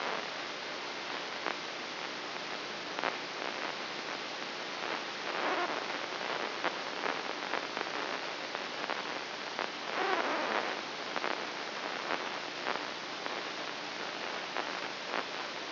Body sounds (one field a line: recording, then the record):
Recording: brain microelectrode recording played as sound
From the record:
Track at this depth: outside the subthalamic nucleus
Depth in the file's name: 7.104 mm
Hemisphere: left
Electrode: 3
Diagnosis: Parkinson's disease